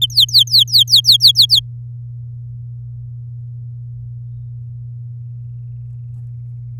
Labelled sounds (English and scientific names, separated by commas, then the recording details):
Domestic Canary (Serinus canaria) song
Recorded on 11 May 2018 at 06:35
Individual llb16